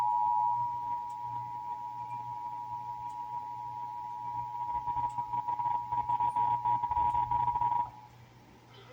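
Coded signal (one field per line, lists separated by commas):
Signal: Emergency Alert System (SAME) tones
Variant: 853 and 960 Hz attention tone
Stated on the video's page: Texas Required Monthly EAS Test, as heard on broadcast radio and TV stations.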